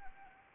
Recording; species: mosquito wingbeat signal from an infrared sensor; Anopheles arabiensis